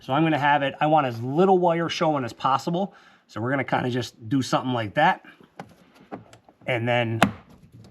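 Someone talks while positioning a plastic interior trim cover over the camera wire on the pillar of a 2026 Toyota Sequoia TRD Pro, adjusting it so as little wire as possible shows. A few faint handling taps follow near the end. Nothing has seated or clicked yet.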